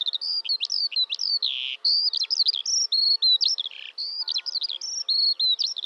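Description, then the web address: Bird calls: a dense, nonstop chatter of high chirps and twittering notes, some sliding up or down, with brief harsher buzzy bursts mixed in. "Deverinetal"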